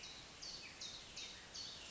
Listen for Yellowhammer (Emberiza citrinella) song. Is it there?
no